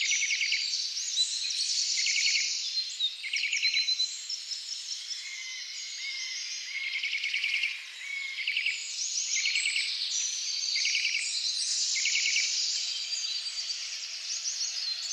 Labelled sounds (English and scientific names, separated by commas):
Eurasian Nuthatch (Sitta europaea) song